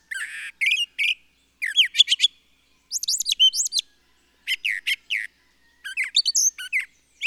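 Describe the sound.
Bird song of rapid, varied twittering phrases with sweeping high notes and brief buzzy trills, in close bursts with short gaps.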